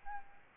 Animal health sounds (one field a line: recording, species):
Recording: mosquito wingbeat signal from an infrared sensor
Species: Aedes albopictus